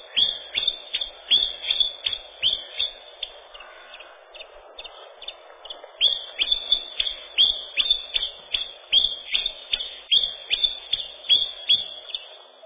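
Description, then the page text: Common chiffchaff song: a steady run of sharp, high chiff-chaff notes, about two or three each second, with brief gaps and a soft hum beneath. Song described as a ringing, measured, monotonously repeated 'ten-tin-tyan-tyun... tr... tr... ten-tin'. "Пеночка-теньковка, или пеночка-кузнечик (устар.) — Phylloscopus collybita"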